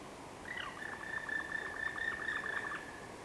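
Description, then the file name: Black woodpecker flight call: a rapid rolling series of rough, even notes held on one pitch for about two seconds, then stopping. Call given in flight, rendered "kurr kurr". "Dryocopus Martius Flying Call Kurr Kurr"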